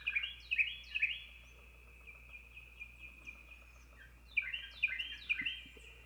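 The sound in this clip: Carolina Wren singing in two bursts, each of three ringing, rolling phrases, separated by a few seconds of quiet with a low background hum.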